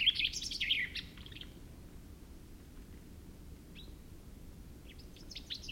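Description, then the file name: Common chaffinch song: a quick phrase of many notes at the start, then quiet apart from one short note, then another phrase beginning near the end; low background noise throughout. "Fringilla coelebs"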